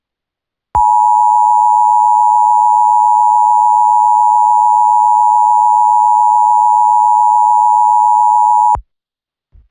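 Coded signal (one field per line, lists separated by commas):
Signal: Emergency Alert System (SAME) tones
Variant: 853 and 960 Hz attention tone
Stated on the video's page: Fictional EAS scenario about an alien invasion.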